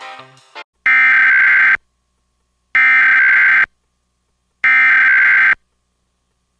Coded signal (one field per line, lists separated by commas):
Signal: Emergency Alert System (SAME) tones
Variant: header bursts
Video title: EAS Reenactment Mock: So Many Counties